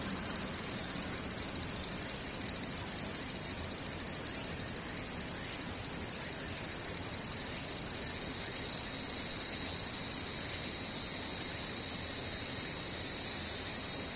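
Insects, cicadas by name, buzz in a steady, dense, high-pitched drone with a rapid pulsing shimmer. Around eight seconds in the shrill tone swells louder and fuller, then holds to the end over a faint, low rumble.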